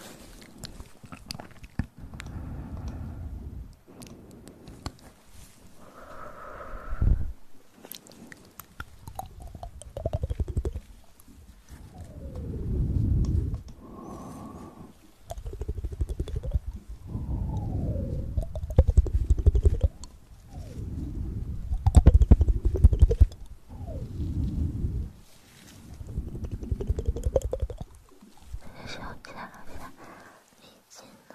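Upclose mouth sounds with inaudible whispering: wet clicks, smacks and soft murmured breaths come in uneven bursts every second or two. Low, muffled swells rise and fall throughout, with a brief brighter tone near six seconds and sharp ticks scattered across the half minute.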